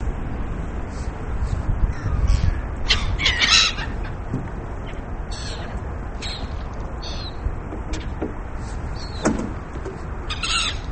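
Bird calls, a few short harsh rasping notes scattered irregularly over a loud, steady low rumbling background.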